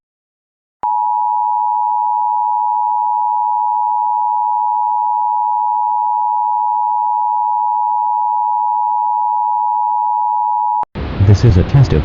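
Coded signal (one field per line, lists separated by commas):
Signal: Emergency Alert System (SAME) tones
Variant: 853 and 960 Hz attention tone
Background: speech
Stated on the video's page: Simulated mock required weekly test for Illinois.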